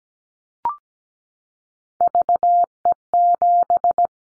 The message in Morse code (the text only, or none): VE7